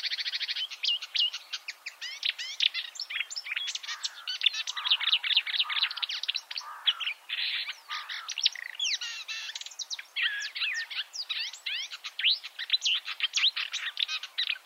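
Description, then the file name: Marsh warbler song pouring out nonstop, a dense mix of chattering, buzzy rattles, sharp ticks and whistled slurs. "suara-kicauan-burung-marsh-warbler -omkicau"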